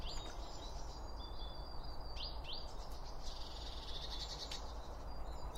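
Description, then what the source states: Birds giving thin high chirps and short whistled notes, with a steady low rumble of background noise throughout. Birds recorded around a bird feeder with two OM 1 microphones from Line Audio.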